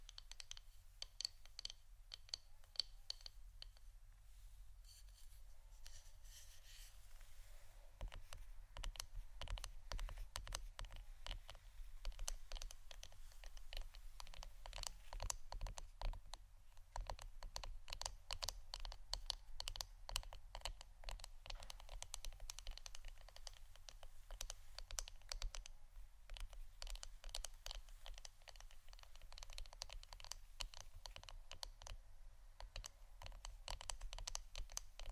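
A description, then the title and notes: Pure tapping: rapid, crisp clicks like fingertips on a hard surface, sparser for the first eight seconds, then dense and steady for the rest. The taps are bright and clicky, over a faint low hum that runs throughout. ASMR Pure Tapping （No Talking）.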